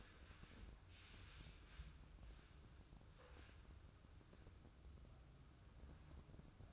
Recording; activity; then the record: daily activity, microphone in the room; wipe stove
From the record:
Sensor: 2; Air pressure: 995.9 hPa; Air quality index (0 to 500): 90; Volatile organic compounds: 4 ppm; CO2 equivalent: 1659 ppm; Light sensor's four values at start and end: 22/73/28/26 and 22/73/28/26